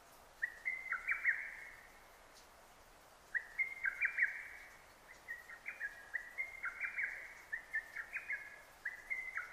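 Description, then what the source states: Lesser cuckoo song, a hurried run of sharp piping notes repeated in several phrases, the later ones running close together, with faint background hiss. Recorded 6 June 2009.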